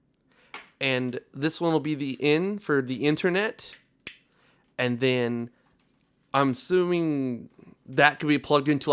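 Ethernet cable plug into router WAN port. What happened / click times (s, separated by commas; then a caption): The network cable plug clicked into its port / 4.1 s. An ethernet cable plug is pushed into the internet (WAN) port of a Google OnHub router and seats with a single sharp click at 4.1 s. Someone talks before and after the click.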